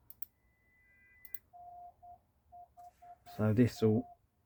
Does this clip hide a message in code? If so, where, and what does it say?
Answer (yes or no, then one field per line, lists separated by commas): yes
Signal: Morse code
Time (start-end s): 1.6-4.1 s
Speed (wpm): 10 wpm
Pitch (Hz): 710 Hz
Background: speech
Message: NHT